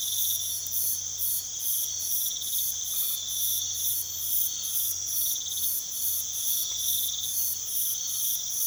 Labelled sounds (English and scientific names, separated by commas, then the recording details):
none
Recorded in pastures near Puerto Asís, Putumayo, Colombia, on 21 March 2025 at 02:00
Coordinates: 0.487, -76.322
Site G077